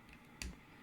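A USB cable's bulky strain-relief connector is pushed into the port opening of a 3D-printed enclosure, where a small indentation lets it snap right in. A sharp, bright tick at 0.4 s marks it seating, followed by a brief low thud against quiet background noise.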